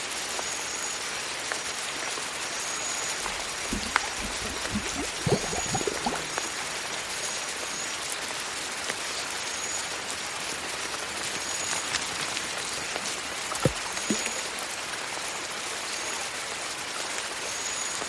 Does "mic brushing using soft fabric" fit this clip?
no